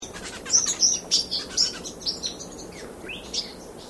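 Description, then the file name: Bird chirps: quick high tweets and short sweeping whistles, several per second, with a few rising notes near the end over a faint steady background hiss. Tweeting in a swamp. "BIRD SWAMP TWEATING"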